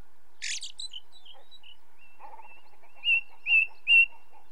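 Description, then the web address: Ring ouzel song: a harsh scratchy burst and soft notes, then three loud piping whistles; low, rapid pulsing notes run underneath. Song recorded in the British Isles, with red grouse calling in the background. "Sound Effects Library (British Birds) Ring Ouzel song, with song of second bird, red grouse and cuckoo in background"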